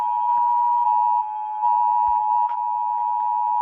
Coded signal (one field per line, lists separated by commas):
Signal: Emergency Alert System (SAME) tones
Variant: 853 and 960 Hz attention tone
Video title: mr incredible becoming uncanny (you heard this EAS alarm) (part 9)